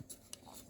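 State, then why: Seated. A plastic transformation part of a Transformers Studio Series Sentinel Prime figure (from Transformers One) is pushed into place in the figure's body, with soft rubbing and scraping of plastic throughout. A sharp, bright snap sounds at 0.3 s as the part clicks home and is seated.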